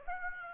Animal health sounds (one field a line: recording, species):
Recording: mosquito wingbeat signal from an infrared sensor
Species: Aedes aegypti